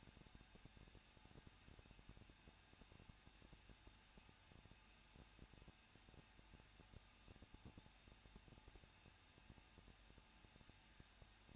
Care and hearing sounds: daily activity, microphone in the room; no activity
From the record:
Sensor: 2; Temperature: 21.0 degrees Celsius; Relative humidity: 37.5%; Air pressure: 1006.3 hPa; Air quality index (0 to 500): 223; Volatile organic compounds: 25 ppm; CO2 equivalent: 2835 ppm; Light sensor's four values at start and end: 2/3/2/2 and 2/3/2/2

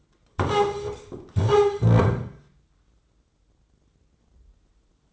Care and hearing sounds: daily activity, microphone in the room; stand up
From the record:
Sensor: 3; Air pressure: 995.9 hPa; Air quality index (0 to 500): 247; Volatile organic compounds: 1000 ppm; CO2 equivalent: 6310 ppm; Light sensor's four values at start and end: 40/98/42/46 and 39/93/41/44

